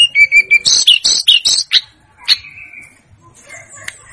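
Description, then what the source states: Snowy-browed flycatcher voicing a few thin whistles and quick chips, then a single drawn-out note before quieter scattered sounds. Master recording used to train caged birds.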